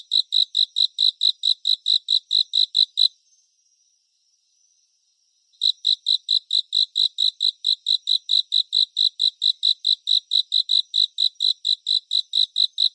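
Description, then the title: Cricket producing a steady train of shrill chirps, stopping for about two and a half seconds, then resuming at the same even pace. "蟋蟀演唱会"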